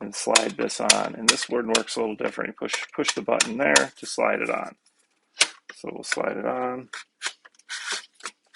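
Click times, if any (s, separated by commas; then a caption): none. A plastic buttstock is slid onto the buffer tube at the rear of a HIKEWIN toy M416 electric gel bullet blaster while its release button is pressed. Someone talks, then brief sharp plastic taps and scrapes sound between about 5.4 and 8.3 seconds. Nothing has seated or locked into place yet.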